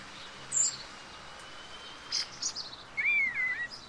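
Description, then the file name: Common blackbird: one short, clear, fluty, slightly wavering phrase near the end, preceded by a few high thin notes and soft background hiss. "Turdus merula"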